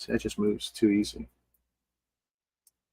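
Someone talks while handling plastic building-brick connector pins and pushing them into the holes of a building-brick beam, comparing how firmly the loose pins seat. After the talking stops there is near silence with only two faint, brief ticks, near 1.6 s and 2.7 s. Nothing has seated or clicked yet.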